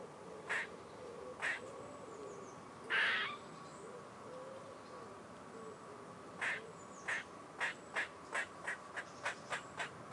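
Grey squirrel chucking calls: a few scattered harsh, buzzy notes and one longer rasping note, then a quickening run of short, clipped barks toward the end.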